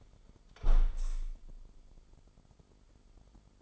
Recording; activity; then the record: daily activity, microphone in the room; close window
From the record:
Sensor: 5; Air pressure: 995.8 hPa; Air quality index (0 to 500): 97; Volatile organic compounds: 6 ppm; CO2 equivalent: 1854 ppm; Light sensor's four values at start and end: 40/97/39/41 and 40/97/39/41